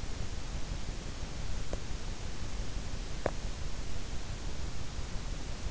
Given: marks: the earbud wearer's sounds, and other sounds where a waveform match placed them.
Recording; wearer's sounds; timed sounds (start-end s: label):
sounds in sleep by an in-ear microphone; teeth grinding
1.51-1.88 s: teeth grinding
2.99-3.47 s: teeth grinding